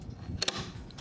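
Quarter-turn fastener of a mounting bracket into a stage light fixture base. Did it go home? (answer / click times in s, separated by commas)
yes / 0.4 s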